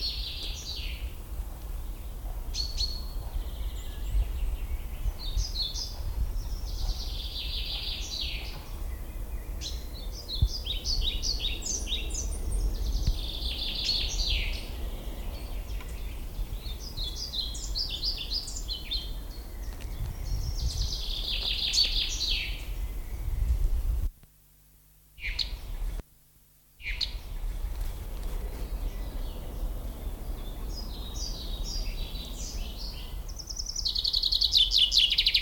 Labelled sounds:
European Pied Flycatcher song
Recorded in the wild
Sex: male
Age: adult
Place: Lanke, Brandenburg, DE
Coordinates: 52.76, 13.54
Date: 1995-04-30 18:55
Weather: heiter 14-15°C
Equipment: Marantz CP 430, Sennheiser ME 80, Kopie Uher 4000 Report Monitor
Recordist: Tembrock, Günter

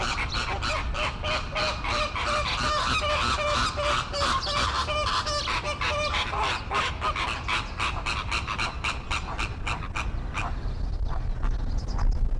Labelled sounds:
American Flamingo call
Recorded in captivity
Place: Zoo Berlin, Berlin, DE
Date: 1993-03-06
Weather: 3-6 °C, heiter bis wolkig
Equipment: Marantz CP 430, Sennheiser ME 80, Kopie Uher Variocord 263
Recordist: Tembrock, Günter

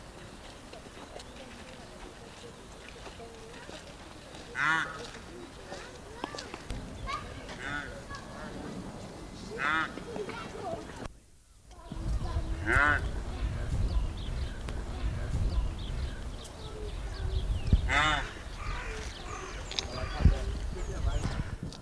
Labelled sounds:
Indian Rhinoceros call
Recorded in captivity
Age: subadult
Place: Tierpark Berlin, Berlin, DE
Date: 1998-03-28 13:11
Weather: overcast, 10-12°C
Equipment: Nagra SN, Kopie Uher 4000 Report Monitor
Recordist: Tembrock, Günter
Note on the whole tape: Subadultes: Kurzlaute, wenn es etwas Abstand zu den Adulten hat, Entfernung ca. 12 m

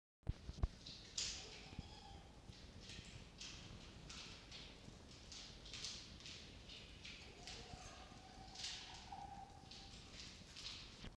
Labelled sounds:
Red Fox
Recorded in captivity
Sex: male
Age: adult
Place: Zoologisches Institut der HUB, Berlin, DE
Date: 1952-12-08 19:00
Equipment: Elmetra
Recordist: Tembrock, Günter
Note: Jupp: Bellserie I u.II (auf Fiffi gerichtet)

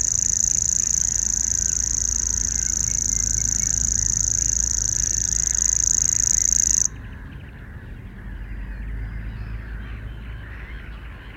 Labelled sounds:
Common Grasshopper Warbler song
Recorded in the wild
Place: Wostevitz, Insel Rügen, Mecklenburg-Vorpommern, DE
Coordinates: 54.498, 13.567
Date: 1971-05-31
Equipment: Nagra III BH, Sennheiser MD 21, parabola
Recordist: Schubert, Michael

